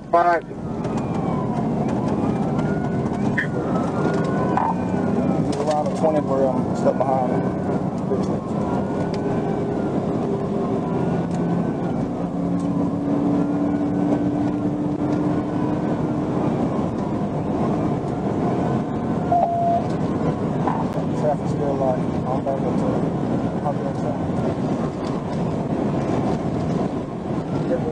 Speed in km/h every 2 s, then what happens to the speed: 142, 135, 142, 150, 156, 164, 171, 177, 184, 188, 193, 196, 201, 204.
3-28 speeds up to 204.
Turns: none.